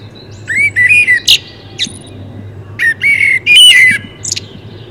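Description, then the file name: Common blackbird singing two phrases of fluty, slurred whistles broken by sharp high squeaks and twitters, separated by a short pause, with light background hiss. "Turdus merula"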